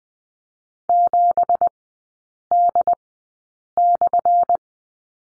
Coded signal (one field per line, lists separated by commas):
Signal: Morse code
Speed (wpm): 20 wpm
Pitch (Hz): 700 Hz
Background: none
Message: 7D/